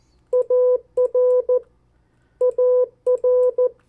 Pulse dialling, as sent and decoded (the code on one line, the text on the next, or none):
none